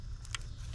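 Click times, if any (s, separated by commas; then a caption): 0.3 s. A plastic fuel injector electrical connector is pushed home onto the injector of a 2012 Chrysler 300's 3.6L V6 Pentastar engine during an oil filter housing replacement. A faint tick at 0.25 s is followed by a small, sharp click at 0.3 s over a steady low rumble. The connector is seated and on.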